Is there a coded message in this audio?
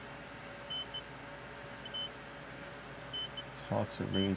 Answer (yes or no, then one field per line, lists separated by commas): no